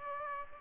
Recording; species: mosquito wingbeat signal from an infrared sensor; Aedes aegypti